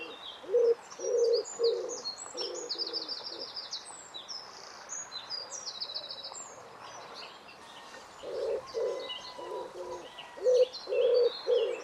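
Bird giving low cooing notes in two groups, separated by a pause, while high chattering and twittering birds call throughout.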